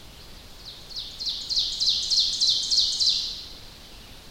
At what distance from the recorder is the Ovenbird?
about 40 m